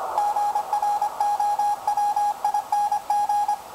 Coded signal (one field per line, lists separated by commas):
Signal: Morse code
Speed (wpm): 22 wpm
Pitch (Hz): 810 Hz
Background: none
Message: GROWING